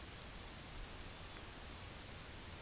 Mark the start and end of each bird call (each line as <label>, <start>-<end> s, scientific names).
Corvus corax, 0.96-1.46 s